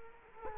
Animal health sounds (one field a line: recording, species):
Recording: mosquito wingbeat signal from an infrared sensor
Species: Culex quinquefasciatus